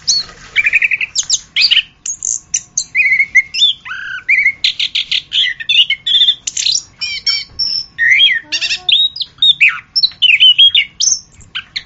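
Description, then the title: Orange-headed thrush singing a fast, varied song of high whistles, chirps and buzzy notes in quick, tumbling phrases with brief pauses. "anis kembang"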